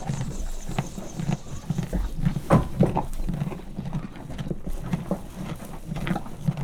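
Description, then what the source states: Horse munching in quick repeated crunches, a sharper knock midway. Farmyard; horse eating corn and stamping with its foot.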